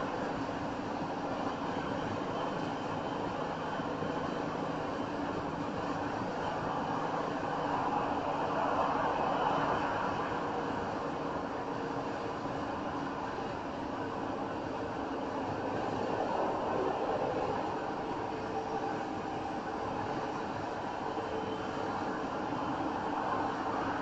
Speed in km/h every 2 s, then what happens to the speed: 103, 101, 101, 100, 100, 98, 97, 93, 92, 92, 90, 90.
0-24 slows to 90.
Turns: none.